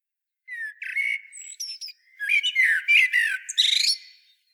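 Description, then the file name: Eurasian blackbird song with fluty warbled notes, thin high whistles and a busy run of squeaky twittering phrases. "Turdus merula"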